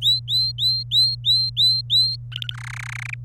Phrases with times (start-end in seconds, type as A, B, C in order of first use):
0.01-2.16 A, 2.32-2.54 B, 2.54-3.14 C